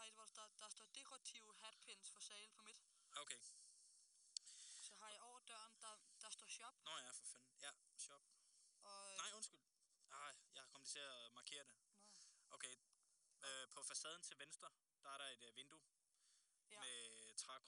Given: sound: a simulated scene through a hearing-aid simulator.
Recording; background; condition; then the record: conversation; quiet; 75 dB SPL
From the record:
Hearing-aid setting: III (slow-acting compression, loudness normalization, advanced features for about 2.5 dB of SNR improvement); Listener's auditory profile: C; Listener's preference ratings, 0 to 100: 87, 98, 85